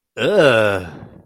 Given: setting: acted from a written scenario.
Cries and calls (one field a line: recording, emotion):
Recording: vocal sound without words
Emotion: disgust